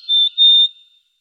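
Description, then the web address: Bird giving two steady whistled notes at the same pitch, the second longer, fading out into silence. Birds singing at night in the mountains in calm weather. "le chant des oiseaux la nuit dans les montagnes par temps calme"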